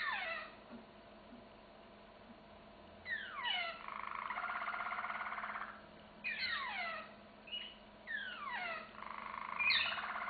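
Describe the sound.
Canary song in bursts: rapid descending sweeps leading into buzzy trills, repeated a few times with quiet gaps between.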